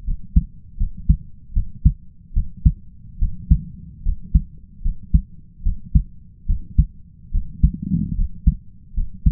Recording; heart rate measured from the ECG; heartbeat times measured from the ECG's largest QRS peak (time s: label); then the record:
heart sounds by stethoscope; 74 bpm
0.04 s: heartbeat
0.77 s: heartbeat
1.53 s: heartbeat
2.33 s: heartbeat
3.18 s: heartbeat
4.02 s: heartbeat
4.82 s: heartbeat
5.62 s: heartbeat
6.46 s: heartbeat
7.31 s: heartbeat
8.15 s: heartbeat
8.94 s: heartbeat
From the record:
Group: healthy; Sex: male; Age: 20 years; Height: 167 cm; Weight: 61 kg